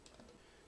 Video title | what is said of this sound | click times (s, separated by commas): SeaLife Mini II with Digital Pro Flash: Install & Setup in Less Than 2 Minutes | into the slot push down to the locks in place and | 0.1 s, 0.2 s